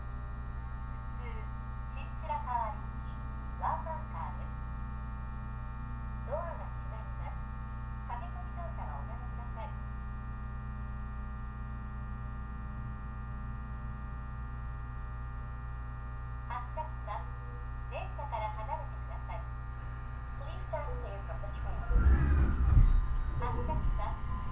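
Inside a train on a railway journey, a steady low drone and whine of motors and electrics runs throughout. Short bursts of voices come and go, clustered early and again around the middle, and near the end a heavier rumble swells as the train works harder.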